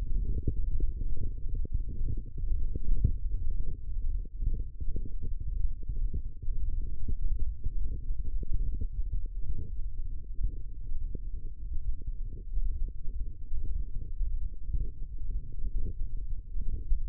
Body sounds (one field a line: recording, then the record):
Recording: forearm muscle sounds (acoustic myography)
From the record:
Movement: radial deviation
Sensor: system 1, eight BSWA MPA416 microphones around the upper forearm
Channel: 3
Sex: male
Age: 23 years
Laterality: right